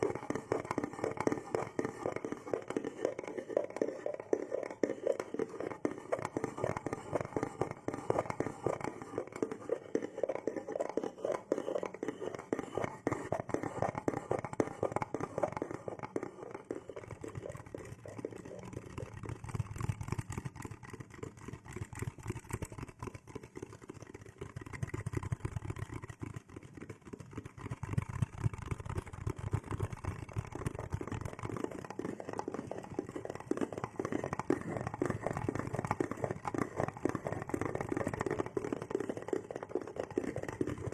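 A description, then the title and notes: Wooden massage tools are worked steadily in a spa session, making a dense, rapid run of rubbing and light tapping strokes. The texture stays low and full, easing slightly quieter around the twenty- and twenty-five-second marks before picking back up. The massage SPA with ASMR wood products provides ultimate numbness, comfort and relaxation.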